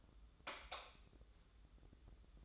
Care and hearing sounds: daily activity, microphone in the room; light off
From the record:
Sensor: 3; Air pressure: 995.3 hPa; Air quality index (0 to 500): 82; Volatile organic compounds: 7 ppm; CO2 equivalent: 1982 ppm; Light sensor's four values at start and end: 11/29/12/11 and 8/20/8/8

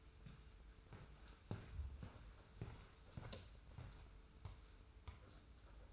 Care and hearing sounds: daily activity, microphone in the room; walk to room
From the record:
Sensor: 2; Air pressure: 991.0 hPa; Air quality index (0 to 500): 111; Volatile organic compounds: 52 ppm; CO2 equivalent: 3316 ppm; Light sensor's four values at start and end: 34/102/40/38 and 31/93/36/35

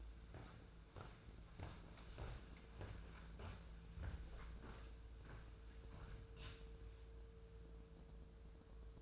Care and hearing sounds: daily activity, microphone in the room; walk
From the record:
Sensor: 2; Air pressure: 1005.5 hPa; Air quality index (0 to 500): 101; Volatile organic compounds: 2 ppm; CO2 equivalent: 1233 ppm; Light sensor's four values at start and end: 8/20/8/8 and 9/20/8/8

